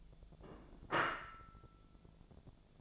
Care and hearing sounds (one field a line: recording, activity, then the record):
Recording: daily activity, microphone in the room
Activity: place plate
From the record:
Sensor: 5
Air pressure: 1000.3 hPa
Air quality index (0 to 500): 124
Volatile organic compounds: 2 ppm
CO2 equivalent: 985 ppm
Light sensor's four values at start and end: 99/233/100/108 and 98/233/99/108